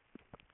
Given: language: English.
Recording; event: throat vibration sensor signal played as sound; swallow